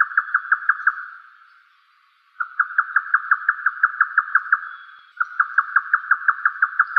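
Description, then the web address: Grey nightjar repeating quick wooden chuck notes in three bursts, the first two fading off before the next run starts abruptly. "yotaka"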